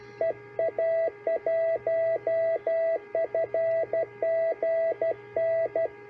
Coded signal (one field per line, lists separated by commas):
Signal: Morse code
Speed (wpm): 12 wpm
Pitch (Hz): 660 Hz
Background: none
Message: EA1FGN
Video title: Sample CW QSO with Luis EA1FGN